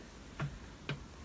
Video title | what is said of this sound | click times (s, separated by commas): How do use and control a small mercury outboard boat engine | if i put on fast again listen to a click | 0.4 s, 0.9 s